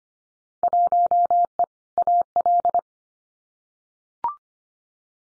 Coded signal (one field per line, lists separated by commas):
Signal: Morse code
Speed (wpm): 25 wpm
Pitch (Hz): 700 Hz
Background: none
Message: 1E AL